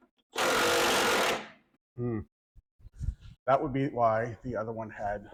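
A power tool runs a bolt into a nut welded inside the lower control arm of a 1963 Galaxie, making a loud, steady whirring burst that starts suddenly at 0.4 s and lasts about a second before fading. The thread strips and the bolt spins without tightening, and then someone talks.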